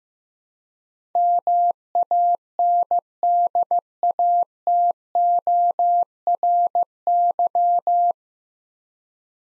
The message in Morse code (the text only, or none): MANDATORY